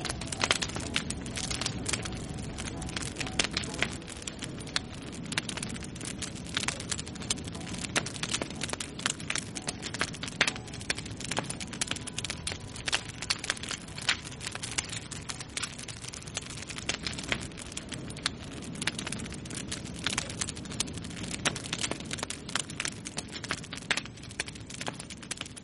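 A bonfire burns on a field ridge, crackling and popping without pause for the whole clip. Sharp snaps come thick and irregular over a steady low roar of flame, with a few louder pops standing out here and there.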